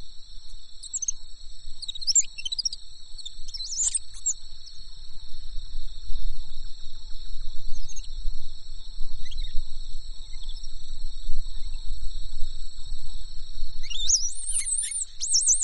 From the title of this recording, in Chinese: 声音很好听，不知道是什么鸟